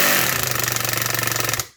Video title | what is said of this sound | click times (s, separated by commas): How To Use Your Drill Properly! (Stanley Fatmax Drill Settings) | As you can hear, that clicking noise is the clutch slipping. | 0.5 s, 0.7 s, 0.8 s, 0.9 s, 1.0 s, 1.5 s